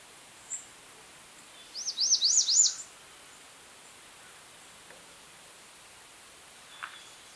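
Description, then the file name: American redstart song: one short burst of high, thin, zigzagging notes early, with a few faint ticks before and after. "Setophaga ruticilla - American Redstart"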